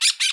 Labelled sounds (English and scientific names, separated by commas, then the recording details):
Brown-throated Parakeet (Eupsittula pertinax) contact call
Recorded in Bonaire
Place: 1 km E of roosting area just N of Seru Largu
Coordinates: 12.199, -68.268